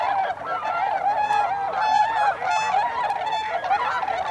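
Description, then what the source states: Tundra swan flock giving steady, dense, mellow honking, many birds overlapping, some notes drawn out and bending in pitch. Tundra swans, 26 December 2020.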